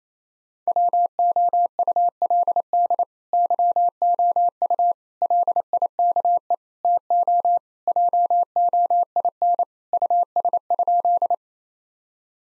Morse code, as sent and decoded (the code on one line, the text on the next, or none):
.-- --- ..- .-.. -.. / -.-- --- ..- / .-.. .. -.- . / - --- / .--- --- .. -. / ..- ... ..--..
WOULD YOU LIKE TO JOIN US?